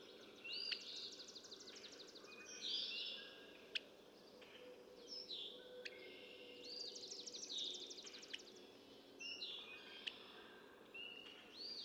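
Red-winged blackbird song: repeated phrases of a whistle followed by a buzzy rattling trill, with sharp chips and many other birds calling together.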